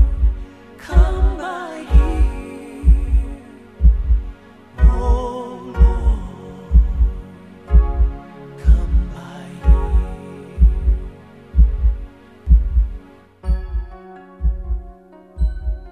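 Steady, deep thumping of an adult heartbeat at about 62 beats a minute, about sixteen even beats, over a soft humming drone. It is an ordinary, regular heartbeat, used as a soothing sleep sound to help babies fall asleep.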